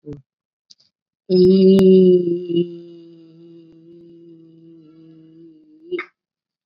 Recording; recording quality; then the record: sustained vowel as in beet; excellent, no background noise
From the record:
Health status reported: COVID-19 positive, mild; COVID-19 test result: positive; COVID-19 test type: RT-PCR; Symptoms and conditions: cough, fever, fatigue, muscle pain, diabetes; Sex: female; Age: 58 years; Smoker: no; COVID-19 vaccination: both doses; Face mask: worn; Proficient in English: yes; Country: India